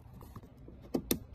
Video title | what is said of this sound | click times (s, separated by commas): credit:@circuitboredpc subscribe: Mag Short | click from the front one click one click | 1.1 s